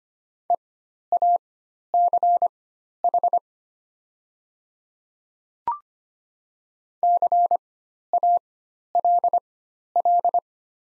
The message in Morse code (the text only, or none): EACH CALL